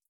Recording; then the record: hydrophone in a shrimp aquaculture tank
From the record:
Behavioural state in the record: starved